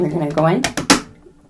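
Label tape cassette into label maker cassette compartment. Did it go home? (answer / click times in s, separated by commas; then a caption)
yes / 0.9 s. A plastic label tape cassette is pushed down into the cassette bay of a Brother P-touch PT-M95 label maker while someone talks. Two sharp clicks are heard near the end, and the cassette clicks into place and seats at 0.9 s.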